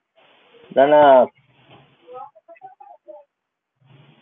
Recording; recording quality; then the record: deep breathing; poor, much background noise or distortion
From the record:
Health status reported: healthy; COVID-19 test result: not tested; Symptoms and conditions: none ticked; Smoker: not ticked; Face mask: worn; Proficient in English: yes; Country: India